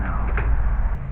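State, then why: Not seated. A vinyl siding panel is pushed and pulled against the lock strip of the panel below, making a steady low rubbing and scraping with a brief sharper knock around 0.4 seconds. Nothing has seated or clicked yet: the panel fails to snap into place.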